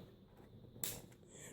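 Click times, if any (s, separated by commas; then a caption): 0.8 s. A drive's eject handle is pushed back into a ThinkPad R51 laptop drive bay after the drive has been slid in until it clicked. A single sharp click is heard at 0.8 s, followed by a faint tick at 1.1 s over low background noise. The handle clicks shut and the new drive is seated and installed.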